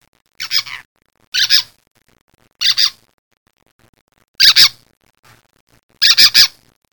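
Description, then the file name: Bird calls: five harsh, raspy squawks, some double, given at irregular intervals of one to two seconds, with quiet gaps between. "BIRDTALK"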